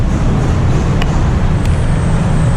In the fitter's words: nakalock na siya.